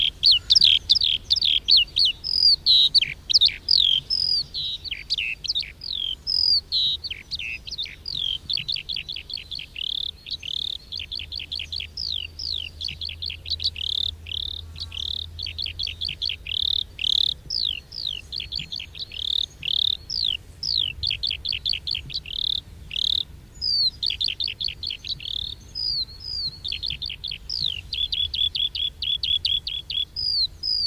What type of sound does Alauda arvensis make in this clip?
flight song